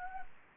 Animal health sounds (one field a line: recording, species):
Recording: mosquito wingbeat signal from an infrared sensor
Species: Anopheles gambiae